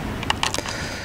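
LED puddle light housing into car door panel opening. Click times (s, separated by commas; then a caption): 0.3 s, 0.4 s. A plastic LED puddle light housing is pushed up into the car door panel opening from outside, back edge first and then the front. A faint tick at 0.2 s is followed by two sharp snaps at 0.3 s and 0.4 s and a softer click at 0.6 s, over a steady low background. The housing snaps into place and the light is installed.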